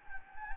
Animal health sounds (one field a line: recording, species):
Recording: mosquito wingbeat signal from an infrared sensor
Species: Anopheles gambiae